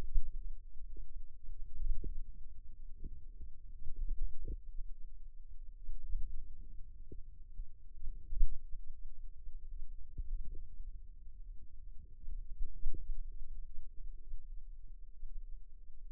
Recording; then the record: forearm muscle sounds (acoustic myography)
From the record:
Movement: hand opening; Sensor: system 2, bracelet of six BSWA MPA416 microphones around the upper forearm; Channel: 5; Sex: female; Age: 22 years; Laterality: right